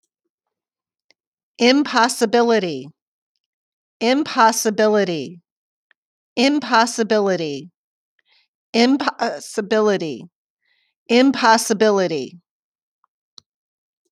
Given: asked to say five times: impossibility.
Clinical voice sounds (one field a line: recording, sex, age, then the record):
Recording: repeated word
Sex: female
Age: 50 to 59 years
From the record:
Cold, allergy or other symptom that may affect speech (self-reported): no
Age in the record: 58 years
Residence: Ohio, United States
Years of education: 14